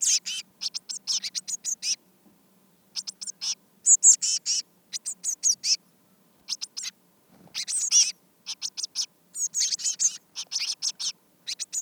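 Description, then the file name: Eurasian blue tit giving rapid runs of short, scratchy high chattering notes in bursts, with brief pauses between groups. "Cyanistes caeruleus"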